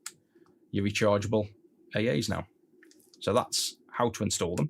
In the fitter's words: wiggle it in, and that repositions the the USB, and now it will click down, and then you've got your